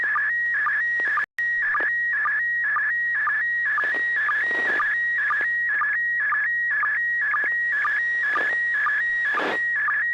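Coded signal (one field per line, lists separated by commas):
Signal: SSTV (slow-scan television)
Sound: warbling, chirping tone with steady rhythmic sync blips, about two per second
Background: low hum, FM hiss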